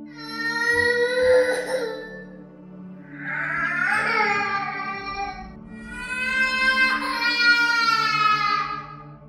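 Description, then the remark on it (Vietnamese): Outside, a baby wails in three long, high-pitched bursts, each rising and breaking with strained, tremulous cries, separated by brief gasping pauses. No one speaks. “Chỉ nghe thấy phía bên ngoài dường như có tiếng trẻ con khóc.”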